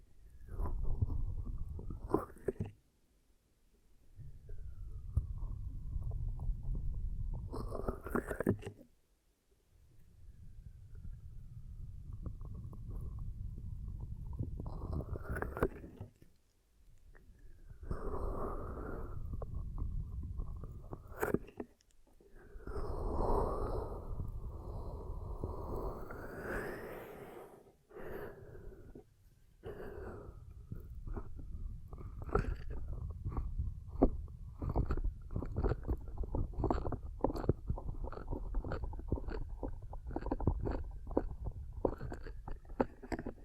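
Ear cupping in a series of muffled, low rubbing and pressing sounds, each stretch lasting a few seconds with short silent gaps near 3, 9, 16, 21 and 28 seconds. After about 30 seconds the sound turns into rapid, crackly tapping and patting over a steady low rumble.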